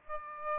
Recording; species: mosquito wingbeat signal from an infrared sensor; Aedes aegypti